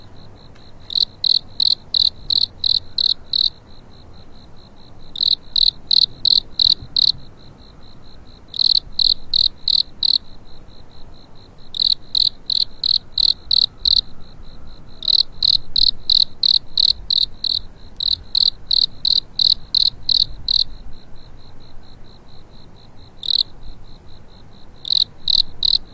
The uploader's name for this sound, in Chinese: 春夜里苏醒的蟋蟀